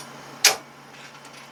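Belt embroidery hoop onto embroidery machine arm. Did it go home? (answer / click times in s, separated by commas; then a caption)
yes / 0.5 s. A belt embroidery hoop is slid back onto the embroidery machine's hoop arm until it locks in place. A single sharp, bright click at 0.5 s stands out over a faint steady low hum, then fades quickly back to quiet. The hoop is seated on the arm.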